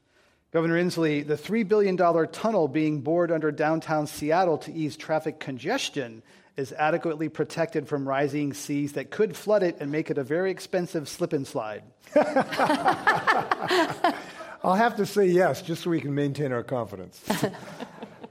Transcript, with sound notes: Governor Inslee, the $3 billion tunnel being bored under downtown Seattle to ease traffic congestion is adequately protected from rising seas that could flood it and make it a very expensive slip and slide?
[Laughter]
I’ll have to say yes just so we can maintain our confidence.